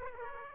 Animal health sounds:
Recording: mosquito wingbeat signal from an infrared sensor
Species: Aedes aegypti

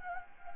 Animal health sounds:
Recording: mosquito wingbeat signal from an infrared sensor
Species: Anopheles gambiae

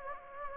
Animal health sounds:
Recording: mosquito wingbeat signal from an infrared sensor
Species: Anopheles gambiae

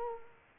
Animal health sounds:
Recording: mosquito wingbeat signal from an infrared sensor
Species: Culex quinquefasciatus

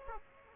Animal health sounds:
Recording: mosquito wingbeat signal from an infrared sensor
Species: Aedes aegypti

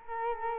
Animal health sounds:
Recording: mosquito wingbeat signal from an infrared sensor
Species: Culex quinquefasciatus

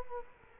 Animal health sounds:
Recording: mosquito wingbeat signal from an infrared sensor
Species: Culex quinquefasciatus

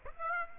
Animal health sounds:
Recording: mosquito wingbeat signal from an infrared sensor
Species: Aedes aegypti

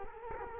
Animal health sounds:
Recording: mosquito wingbeat signal from an infrared sensor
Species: Culex quinquefasciatus

